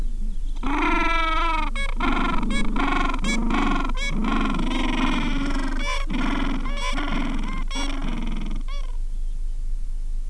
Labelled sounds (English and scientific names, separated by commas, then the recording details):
Gentoo Penguin (Pygoscelis papua)
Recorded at the colony at Ocean Harbour, on 7 January 2016
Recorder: Song Meter SM2+